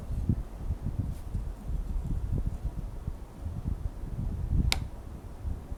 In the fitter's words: Heard a little click there and